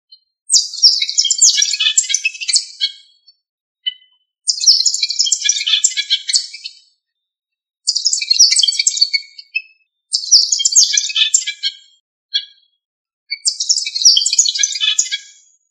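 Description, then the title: Bird song in five rapid, high twittering bursts of around two seconds each, separated by short silent pauses, with a few isolated chirps between them. "LuckyPassaros CompletosSama"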